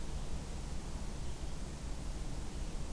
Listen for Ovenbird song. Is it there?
no